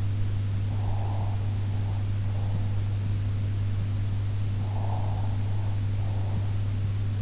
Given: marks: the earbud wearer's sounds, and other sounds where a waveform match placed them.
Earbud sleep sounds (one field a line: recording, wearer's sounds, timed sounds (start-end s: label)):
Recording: sounds in sleep by an in-ear microphone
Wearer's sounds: breath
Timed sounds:
0.73-2.65 s: breath
4.62-6.42 s: breath